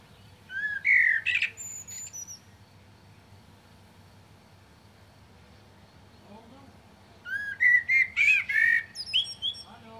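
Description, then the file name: Common blackbird song in two phrases separated by a long pause, each starting with fluty whistles and ending in rapid high twittering notes. "Turdus merula"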